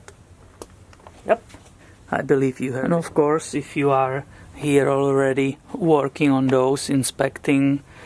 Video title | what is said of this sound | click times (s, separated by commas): How To Replace Spark Plugs on Mini Cooper | click yep I believe | 0.6 s